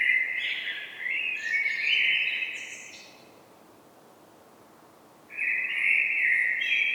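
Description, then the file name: Common blackbird song: a lengthy warbling phrase with high scratchy notes layered above, a silent gap, then another mellow phrase. "Turdus merula"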